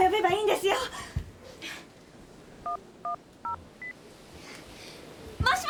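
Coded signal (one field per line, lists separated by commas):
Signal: DTMF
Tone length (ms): 120 ms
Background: speech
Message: 110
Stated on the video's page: DTMF tones in a Japanese TV drama.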